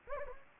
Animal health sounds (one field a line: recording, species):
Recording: mosquito wingbeat signal from an infrared sensor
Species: Anopheles gambiae